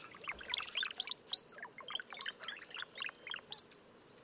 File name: Brown-headed Cowbird